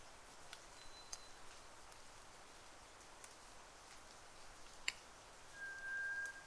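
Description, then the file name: White's thrush singing a long, level, eerie whistle near the end, preceded by a faint higher whistle and a few soft ticks amid steady background hiss. Sung at night, 02:44, on 31 May 2009. "toratugumi-20090531-0244"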